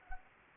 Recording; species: mosquito wingbeat signal from an infrared sensor; Anopheles arabiensis